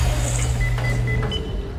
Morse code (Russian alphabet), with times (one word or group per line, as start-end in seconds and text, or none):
none